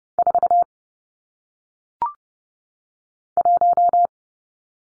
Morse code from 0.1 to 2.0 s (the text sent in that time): 4